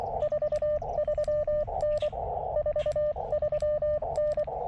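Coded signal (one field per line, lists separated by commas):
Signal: Morse code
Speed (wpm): 22 wpm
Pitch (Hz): 600 Hz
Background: none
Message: 43N 43N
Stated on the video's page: CW POTA park activation with a KX2 and a WRC Silver Bullet antenna.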